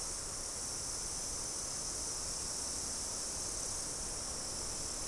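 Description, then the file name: Steady insect chorus, a high sizzling band that never stops or changes, over faint background hiss. "mainly insect"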